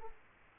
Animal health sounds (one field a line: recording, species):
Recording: mosquito wingbeat signal from an infrared sensor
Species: Aedes aegypti